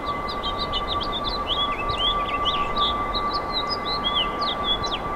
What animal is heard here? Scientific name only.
Haemorhous mexicanus